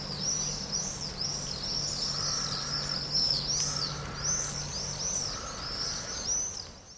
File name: forest ambience wet misty damp drips birds crows swallows spring cyprus